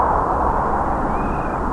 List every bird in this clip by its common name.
Water Rail